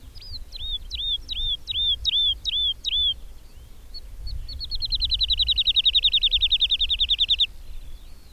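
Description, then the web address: Bird singing several looping whistled notes, then a rapid buzzy trill lasting about two and a half seconds. "madarak enek"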